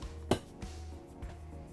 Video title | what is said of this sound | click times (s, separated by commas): 2022 Newmar Kountry Star | and change these just pop off | 0.3 s